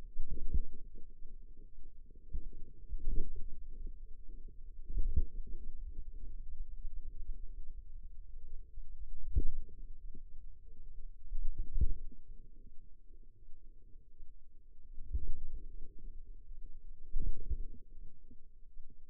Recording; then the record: forearm muscle sounds (acoustic myography)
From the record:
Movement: wrist extension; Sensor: system 2, bracelet of six BSWA MPA416 microphones around the upper forearm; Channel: 1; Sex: female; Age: 23 years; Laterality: right